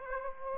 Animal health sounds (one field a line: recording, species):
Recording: mosquito wingbeat signal from an infrared sensor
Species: Aedes aegypti